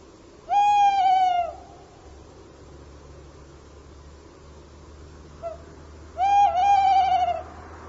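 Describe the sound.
Bird call with two long, level, harmonic notes that waver slightly near the end, separated by roughly five seconds and a brief faint note, over quiet background hiss.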